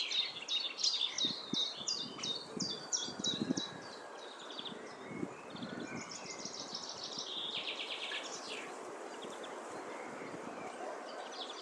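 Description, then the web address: Common chaffinch song, a rapid run of repeated high notes over about three seconds, followed by softer chirps and steady outdoor background noise. "Deverinetal 2025 File origin Bird Only Fr Co"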